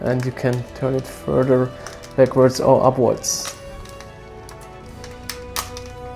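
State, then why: Seated. Someone talks over the first three seconds, then a plastic ankle piece inside the leg of a Hot Toys Heartbreaker Mark XVII 1/6 scale action figure (Iron Man 3, MMS212) is handled with a few soft taps. The piece is pushed down until it gives a small, sharp click at 5.3 s, seating the joint in its extended position for more range of motion.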